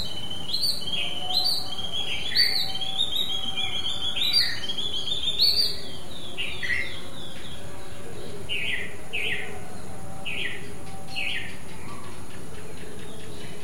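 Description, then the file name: Babbler calls: a lively run of high, whistled chattering notes in the first six seconds, then spaced single chirps, over continuous low rumble. "White eye babbler other"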